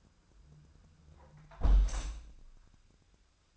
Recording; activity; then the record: daily activity, microphone in the room; close window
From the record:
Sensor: 2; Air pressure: 1004.5 hPa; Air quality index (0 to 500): 76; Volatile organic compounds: 1 ppm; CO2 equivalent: 894 ppm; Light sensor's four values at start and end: 5/12/5/5 and 5/12/5/5